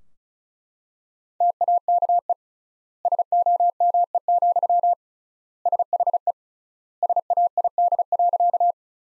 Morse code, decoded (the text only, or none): TAKE SOME, SHE SAID.